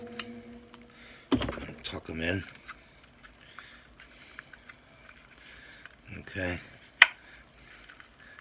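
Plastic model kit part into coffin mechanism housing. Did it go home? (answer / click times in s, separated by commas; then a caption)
yes / 7.0 s. A plastic part of an MPC Strange Changing Mummy model kit mechanism is pressed into the coffin mechanism housing while someone talks. It gives one sharp snap at 7.0 s, and the part is seated in place.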